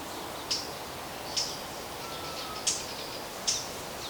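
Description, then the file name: Eurasian blackcap calling four short, hard tack notes about a second apart over a hissing background. "Sylvia atricapilla"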